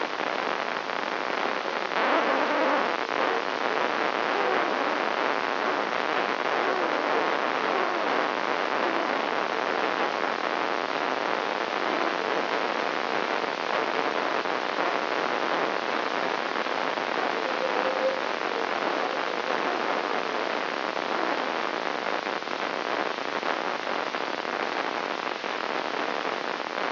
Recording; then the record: brain microelectrode recording played as sound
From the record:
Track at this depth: outside the subthalamic nucleus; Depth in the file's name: 7.06 mm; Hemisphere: left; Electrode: 3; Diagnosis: Parkinson's disease